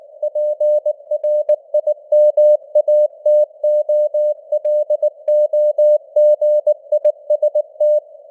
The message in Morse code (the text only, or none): PRIMATOLOGIST